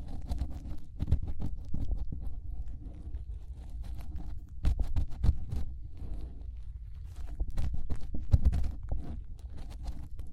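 Fingers rubbing and cleaning inside an ear make a deep, muffled rumbling that runs throughout. Sharp scratchy crackles and pops cut through often and irregularly, clustering around the first second, near five seconds and again just past eight seconds.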